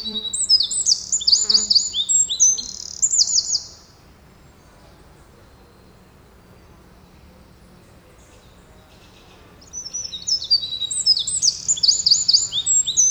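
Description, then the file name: Eurasian wren singing two fast, high, rattling bursts of trills and chips, separated by about six seconds of near silence. "Troglodytes troglodytes"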